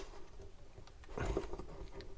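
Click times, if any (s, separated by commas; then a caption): none. A plastic propeller guard clip is handled on the arm of a DJI Mavic Air 2 drone as the same clipping step is repeated on the next guard, with light handling taps and rustling. Nothing has seated or clicked yet.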